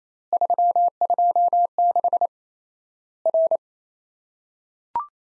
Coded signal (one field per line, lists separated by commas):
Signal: Morse code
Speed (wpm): 28 wpm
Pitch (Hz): 700 Hz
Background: none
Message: 326 R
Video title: Worked All Europe DX Contest QTC Exchange with Repeats 28wpm